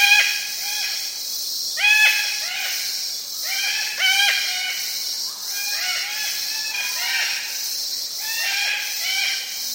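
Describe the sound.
Sulphur-crested cockatoo calls: a series of ringing, arched squawks with layered harmonics, delivered in irregular clusters about every two seconds.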